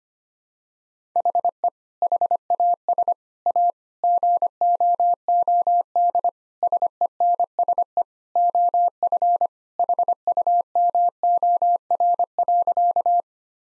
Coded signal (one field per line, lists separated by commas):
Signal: Morse code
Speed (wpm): 25 wpm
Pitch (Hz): 700 Hz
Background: none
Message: HE HAS A GOOD SENSE OF HUMOR.